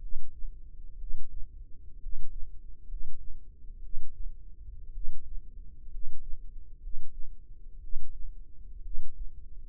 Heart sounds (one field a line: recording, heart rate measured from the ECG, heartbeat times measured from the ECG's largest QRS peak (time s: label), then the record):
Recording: heart sounds by microphone in the left ear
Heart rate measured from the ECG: 61 bpm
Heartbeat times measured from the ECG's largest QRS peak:
0.95 s: heartbeat
1.97 s: heartbeat
2.84 s: heartbeat
3.78 s: heartbeat
4.90 s: heartbeat
5.87 s: heartbeat
6.78 s: heartbeat
7.78 s: heartbeat
8.80 s: heartbeat
From the record:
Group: healthy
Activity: cold pressor test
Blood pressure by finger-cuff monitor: 94/48 mmHg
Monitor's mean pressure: 61 mmHg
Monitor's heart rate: 61 bpm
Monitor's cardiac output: 7.6 L/min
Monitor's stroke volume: 122 mL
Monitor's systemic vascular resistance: 560 dyn s/cm5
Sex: male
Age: 22 years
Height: 185 cm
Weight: 112.4 kg